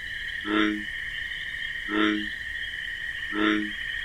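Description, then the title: Bullfrog croaking, deep resonant croaks repeated about every one and a half seconds, three in all, over a steady high cricket trill. Wetland at night with marsh grasses; nocturnal chorus with pulsating, persistent chirping of crickets; bullfrog's deep bass call described as 'jug-o-rum'. "Bullfrog Sound. The Wondrous Wetlands"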